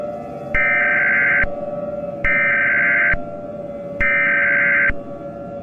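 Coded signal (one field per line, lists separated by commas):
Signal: Emergency Alert System (SAME) tones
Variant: header bursts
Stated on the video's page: Fictional EAS scenario, simulated.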